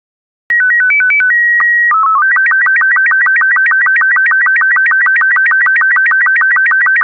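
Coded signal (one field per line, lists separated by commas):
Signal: SSTV (slow-scan television)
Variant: Robot 36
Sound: warbling calibration tones, then a fast, steady, rhythmic two-pitch chirping warble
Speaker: this week's sstv decode challenge is using mode robot 36 decoding hints are in the description and you can use your phone to do it volume warning it's going to get really loud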